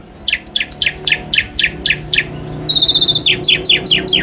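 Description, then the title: Asian pied starling song: a series of sharp falling notes about four per second, then a high, rapid buzzy trill with repeated chips. Bird singing actively, used as tutor audio for training pet birds. "Jalak Suren Gacor full"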